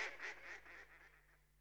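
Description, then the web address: Mallard quacks, a short run of several nasal notes that fade and trail off. Mallard calls, close perspective. "The BBC Sound Effects Library. Mallard (Anas Platyrhynchos)"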